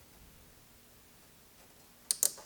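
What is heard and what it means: A cable tie wrapped around the intake hose during a RocEuro 3.0T intake (V2 Shield) install is pulled tight. After about two seconds of near silence, two sharp little ratchet clicks are heard at 2.1 and 2.3 seconds. The tie ratchets closed and is seated around the hose.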